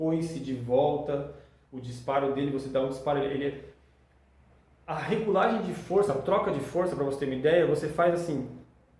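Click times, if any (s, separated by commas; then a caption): none. A hand turns the force adjustment ring on a handheld chiropractic adjusting instrument to change its force setting, working toward the ring's detent while a man talks throughout. No click stands out over the voice, and nothing has seated or clicked yet when the clip ends.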